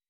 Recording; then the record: hydrophone in a shrimp aquaculture tank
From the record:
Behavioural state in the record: weakened